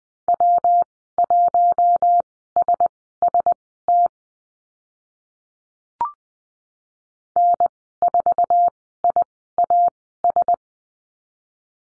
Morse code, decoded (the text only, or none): W1SST N4IAS